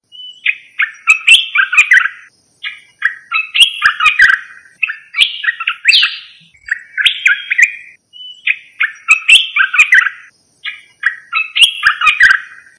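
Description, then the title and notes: Bird song of varied chirps and warbled phrases, in several phrases of one to two seconds separated by short pauses, loud and clear with no other sounds. Indonesia. "Kicau Burung Indonesia"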